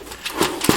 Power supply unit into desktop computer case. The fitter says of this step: just slide it in this way until you hear a little snap and